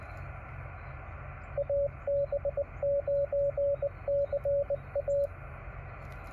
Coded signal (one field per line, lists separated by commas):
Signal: Morse code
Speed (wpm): 21 wpm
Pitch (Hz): 560 Hz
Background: radio noise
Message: AB9CA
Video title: Morse Code POTA with Yaesu 817 10/22/2024